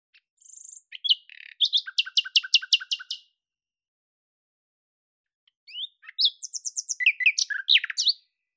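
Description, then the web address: Bird song in two bursts a few seconds apart, each made of quick, high, repeated notes. "Deverinetal 2025"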